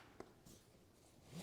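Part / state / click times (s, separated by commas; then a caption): stroller seat unit into stroller frame mounts / not seated / none. A reversible seat unit for a Stokke Beat stroller, turned around, is lowered toward the stroller frame adapters and mounts. A brief sharp tap at 0.2 s is followed by soft handling noise in a quiet space. Nothing has seated or clicked yet.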